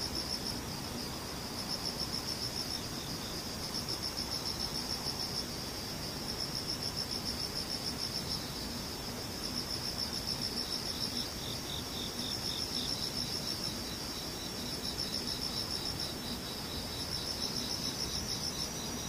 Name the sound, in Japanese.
ムシ